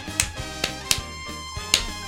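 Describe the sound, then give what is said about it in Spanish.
Bright, crisp hand claps strike four or five times in an uneven rhythm, used in place of a tambourine, with a sustained tonal backing ringing underneath and no voices. “Suena como palmas, pero es como una pandereta.”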